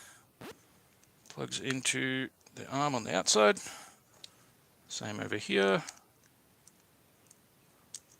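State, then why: Seated. Someone talks while pushing a plastic part into the arm joint of a Yolopark Transformers model kit figure, with a few faint clicks as it resists. The part then seats with a sharp snap at 8.0 s, the kind of snap that had been expected earlier from the figure's neck joint.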